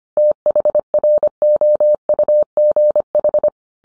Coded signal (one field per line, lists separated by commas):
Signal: Morse code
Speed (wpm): 25 wpm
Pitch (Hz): 600 Hz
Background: none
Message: THROUGH